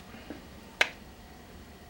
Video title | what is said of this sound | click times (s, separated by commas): Dell Precision 5530 SSD Upgrade, (Under 5 minutes) | hear that click no it's good a kind of a springboard to it which is exactly how it's supposed to be | 0.8 s